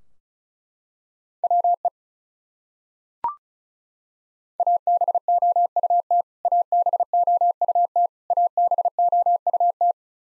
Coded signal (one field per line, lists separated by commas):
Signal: Morse code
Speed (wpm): 36 wpm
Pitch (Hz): 700 Hz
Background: none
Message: WE ABOUT ABOUT ABOUT